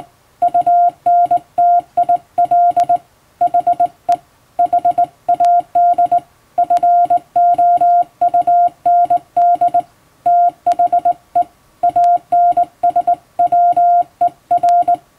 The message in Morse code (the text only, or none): UNTIL HE HAD FOUND THE ANSWER